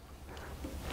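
A lamp power connector cap is handled over the UV lamp in a Viqua D4 or E4 22 gpm UV disinfection chamber after its collar pins are lined up, before being pressed down onto the lamp pins. Only low, steady handling noise is heard with no sharp hits. Nothing has seated or clicked yet.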